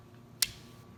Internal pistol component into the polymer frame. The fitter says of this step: once that gets just kind of snaps into place there okay that was a pain